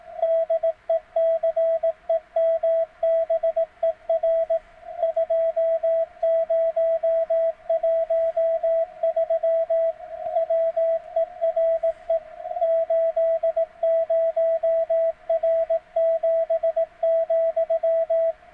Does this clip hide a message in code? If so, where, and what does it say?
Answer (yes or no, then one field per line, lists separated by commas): yes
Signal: Morse code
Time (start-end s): 0.2-18.3 s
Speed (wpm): 17 wpm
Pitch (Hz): 660 Hz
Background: radio noise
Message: DECEMBER 2013 WERE 80R7,